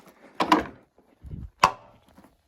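On a new-model Rainbow SRX vacuum, pressing the lock button on the clasp holding the motor unit to the water basin releases the motor unit, which lifts up automatically. Loud clacks ring out at 0.5 s and 1.6 s, with a low rumble between them and faint small knocks after. The motor unit is released.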